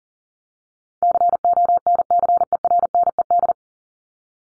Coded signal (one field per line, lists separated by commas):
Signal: Morse code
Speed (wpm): 40 wpm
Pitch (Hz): 700 Hz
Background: none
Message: CONCERNED